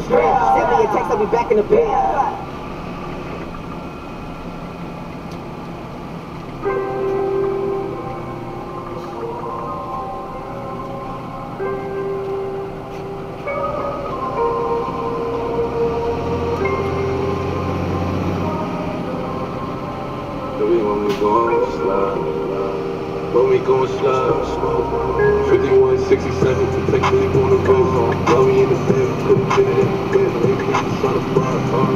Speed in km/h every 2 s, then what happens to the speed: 75, 74, 70, 64, 57, 53, 55, 59, 63, 61, 55, 54, 57, 63, 71, 73.
3-11 slows to 53. 11-15 speeds up to 63. 22-32 speeds up to 73.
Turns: none.